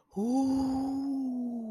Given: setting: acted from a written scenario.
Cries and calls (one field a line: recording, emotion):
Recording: vocal sound without words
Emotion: awe